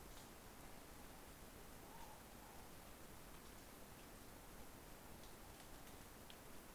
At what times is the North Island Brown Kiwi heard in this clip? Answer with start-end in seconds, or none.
none